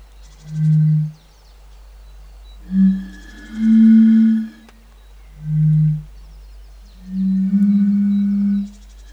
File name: henrik olsson anders dahl. bombina bombina